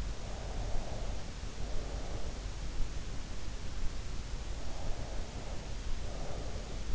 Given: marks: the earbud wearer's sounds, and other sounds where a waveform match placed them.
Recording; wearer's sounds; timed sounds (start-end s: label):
sounds in sleep by an in-ear microphone; breath
0.00-2.49 s: breath
4.01-6.87 s: breath